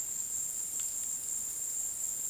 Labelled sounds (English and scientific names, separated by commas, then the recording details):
none
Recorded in dense forest near Puerto Asís, Putumayo, Colombia, on 21 February 2024 at 16:00
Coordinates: 0.466, -76.327
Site G6413